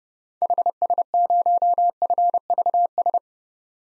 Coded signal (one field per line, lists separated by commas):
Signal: Morse code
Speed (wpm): 30 wpm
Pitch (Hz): 700 Hz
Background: none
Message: HS0FVS